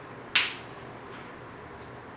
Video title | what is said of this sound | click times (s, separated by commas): The LUX Collection Makeup Tutorial - Doll 10 Look Lab! | twisting in till you hear one click and | 0.4 s